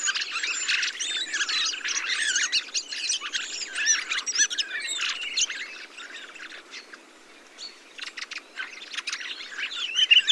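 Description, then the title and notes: Thrushes in a loud overlapping twittering chorus that thins around the middle to scattered chirps and short phrases, then swells again briefly at the end. Large mixed flock of mistle thrushes, song thrushes, redwings, fieldfares and some blackbirds feeding on abundant berries, keeping communal watch for hawks; Montagne du Puy, Drôme, 22 November 2020, blue sky, parabolic microphone. "POT-POURRI DE GRIVES. 22 novembre 2020-Montagne du Puy - Drôme. Grives draine, musicienne, mauvis et litorne plus quelques merles"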